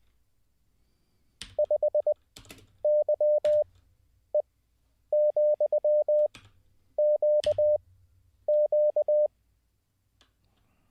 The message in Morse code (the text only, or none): 5YE,QQ